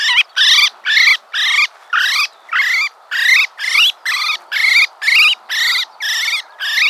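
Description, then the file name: Common blackbird giving a steady run of about fourteen harsh, slightly rising nasal notes, roughly two per second, throughout. "Turdus merula"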